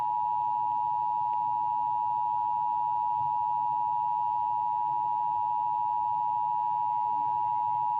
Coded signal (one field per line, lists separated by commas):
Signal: Emergency Alert System (SAME) tones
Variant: 853 and 960 Hz attention tone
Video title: EAS #26-31: SW ND High Wing Warning,Kansas RMT, Olmsted 911 Outage, DC, VA Amber Alert, & NOAA RWT